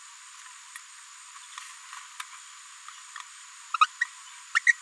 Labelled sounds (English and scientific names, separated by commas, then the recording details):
Green-rumped Parrotlet (Forpus passerinus) babbling
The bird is a female
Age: 30 days
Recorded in a nest box in Venezuela
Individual 17B73B3